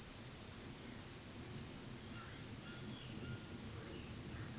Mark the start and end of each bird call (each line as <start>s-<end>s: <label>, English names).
2.14s-4.58s: White-throated Toucan
2.89s-4.58s: Violaceous Jay